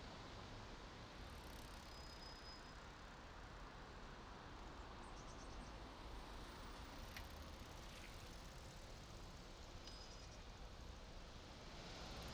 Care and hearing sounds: everyday scene through a hearing-aid microphone; in traffic; traffic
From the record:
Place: main city hub, rush hour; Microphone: in the ear canal, right

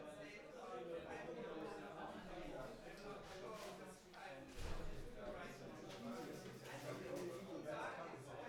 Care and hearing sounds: everyday scene through a hearing-aid microphone; many people talking; many voices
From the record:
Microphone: behind the ear, left, front

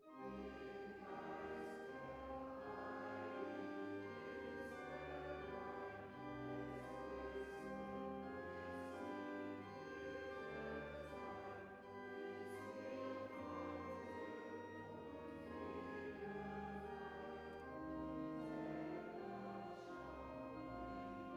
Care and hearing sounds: everyday scene through a hearing-aid microphone; reverberant space; music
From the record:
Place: church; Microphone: behind the ear, right, rear

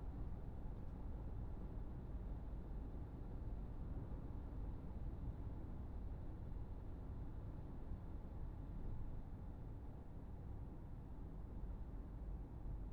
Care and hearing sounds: everyday scene through a hearing-aid microphone; in a vehicle; engine, highway driving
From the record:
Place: Berlingo II, diesel engine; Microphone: behind the ear, right, rear

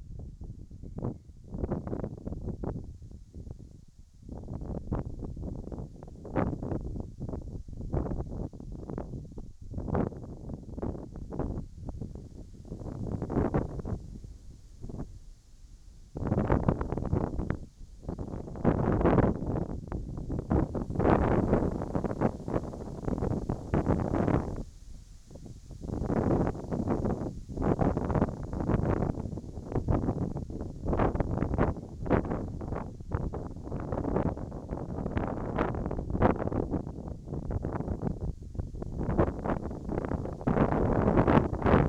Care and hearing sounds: everyday scene through a hearing-aid microphone; wind on the microphone; wind, whistling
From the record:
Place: in front of a rural house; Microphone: in the ear canal, right

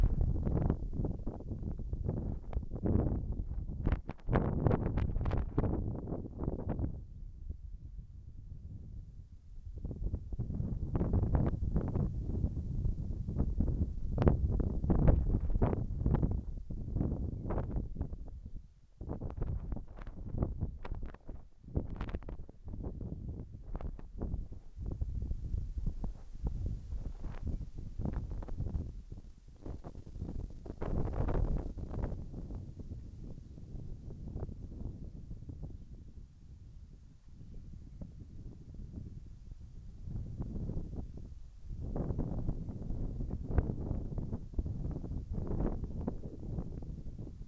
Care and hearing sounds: everyday scene through a hearing-aid microphone; wind on the microphone; squally wind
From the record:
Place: in front of a rural house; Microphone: behind the ear, right, rear

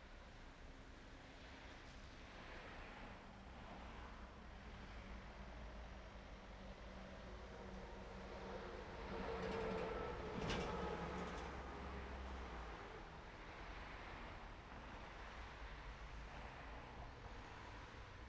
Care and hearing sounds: everyday scene through a hearing-aid microphone; in traffic; traffic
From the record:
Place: main road on the outskirts, rush hour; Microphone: behind the ear, right, rear

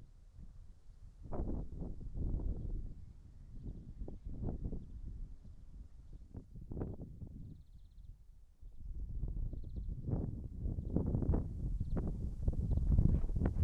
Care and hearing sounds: everyday scene through a hearing-aid microphone; wind on the microphone; wind, traffic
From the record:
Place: in front of a rural house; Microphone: behind the ear, right, rear

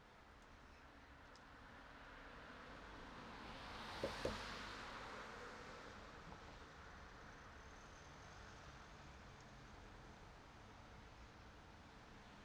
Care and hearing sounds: everyday scene through a hearing-aid microphone; in traffic; traffic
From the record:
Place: city secondary road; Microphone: in the ear canal, right

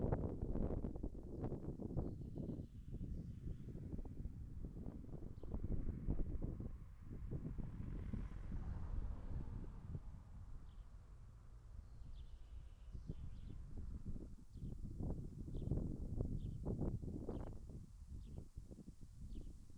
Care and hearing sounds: everyday scene through a hearing-aid microphone; wind on the microphone; wind, traffic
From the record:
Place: in front of a rural house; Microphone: behind the ear, left, front

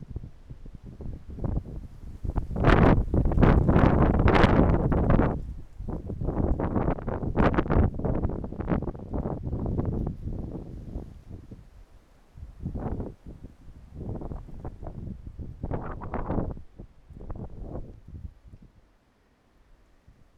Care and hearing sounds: everyday scene through a hearing-aid microphone; wind on the microphone; wind, traffic, birds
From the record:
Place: suburban garden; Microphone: behind the ear, right, front

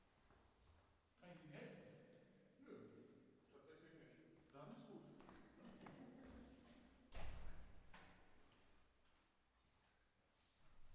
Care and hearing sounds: everyday scene through a hearing-aid microphone; reverberant space; speech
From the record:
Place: staircase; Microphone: behind the ear, left, front

